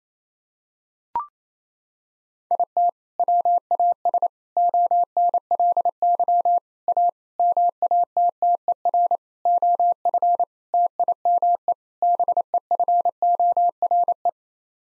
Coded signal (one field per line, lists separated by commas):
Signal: Morse code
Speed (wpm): 28 wpm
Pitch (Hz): 700 Hz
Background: none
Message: IT WAS ONLY A MATTER OF TIME BEFORE